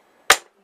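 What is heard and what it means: During tail removal and refitting on a Harley-Davidson XG 750 Street motorcycle, a metal retaining bracket inside the frame is pushed and snaps back into place. A single loud, sharp click sounds at 0.3 s and fades within about 0.15 s. The tail section bracket is seated back in the frame.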